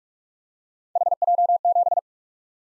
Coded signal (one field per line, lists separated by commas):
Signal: Morse code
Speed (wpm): 43 wpm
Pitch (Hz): 700 Hz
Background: none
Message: HJ7